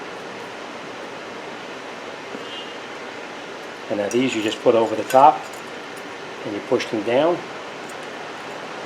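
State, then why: Not seated. Metal brake pad abutment clips are placed over the top of a new front caliper mounting bracket on a 2007-2014 Chevy Silverado 1500 and pushed down by hand. Someone talks from about 3.9 to 7.4 seconds over a steady broadband hiss. Nothing has seated or clicked yet.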